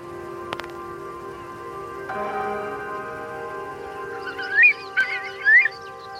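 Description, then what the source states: Northern lapwing calls: a few wheezy, slurred notes near the end, over sustained piano chords. Recorded in the Flow Country; played back blended with a piano composition from an umbrella sound installation.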